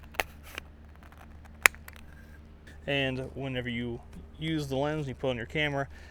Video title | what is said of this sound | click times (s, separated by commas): Nikon 24-70 f/4 S - 2 Year Review | It has a nice little click in place. | 1.7 s